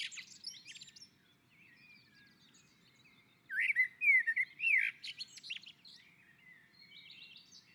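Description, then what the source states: Common blackbird song: a faint twittering phrase, a pause, then a louder mellow fluted warble with trailing high squeaky notes. On a roof.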